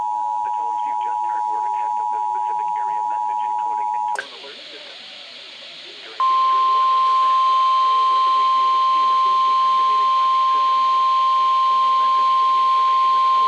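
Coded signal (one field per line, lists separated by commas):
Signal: Emergency Alert System (SAME) tones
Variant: 853 and 960 Hz attention tone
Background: speech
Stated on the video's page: NOAA Weather Radio weekly test received clearly on an EASy decoder via an amplified television antenna through a splitter, relayed into a Sage monitor.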